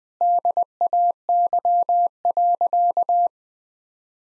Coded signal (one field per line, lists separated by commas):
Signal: Morse code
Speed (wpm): 20 wpm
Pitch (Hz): 700 Hz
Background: none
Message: DAY.